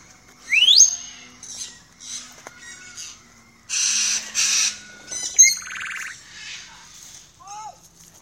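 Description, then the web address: Parrots calling with a sharp rising whistle, loud rasping squawks and brief falling whistled notes, separated by short pauses. "The Bird Sanctuary parrots"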